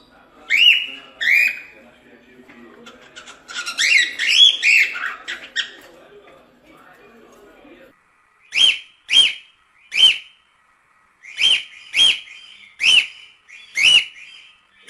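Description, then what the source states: Cockatiel whistles: a burst of chattering warbles, then a quiet stretch, then a series of sharp clipped whistled notes repeated at short intervals. Lutino colour variety, song.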